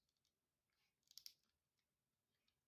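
During transformation of a plastic Beast Wars Rattrap action figure, two tabs are pressed down onto the ports held in the figure's hands, giving a quick series of small, sharp plastic clicks at 1.1, 1.2 and 1.3 seconds against a quiet background. The tabs are seated and locked into place.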